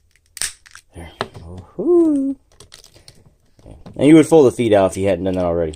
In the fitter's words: all the way around until it snaps it's kind of scary huh